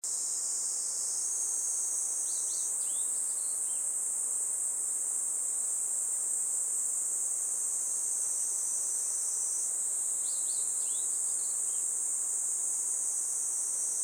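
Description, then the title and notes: Kaempfer cicada song, a steady shrill hiss that shifts slightly in pitch, overlaid by bursts of quick bird chirps early and again after ten seconds. Chorus of many cicadas that have begun singing in a forest by the Tama River in summer, a pleasant noise heralding summer; birds also calling. "多摩川の森、ニイニイゼミたちの合唱"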